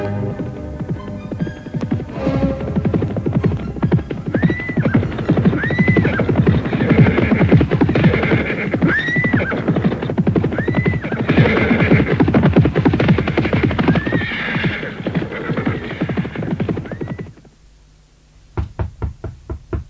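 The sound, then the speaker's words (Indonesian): A dense, steady clatter of the hooves of ten horses clip-clopping, with several high, arching horse whinnies rising above it, then a sudden drop to a few sharp knocks at the end. “Kalau begitu, siapkan 10 ekor kuda yang paling gagah.”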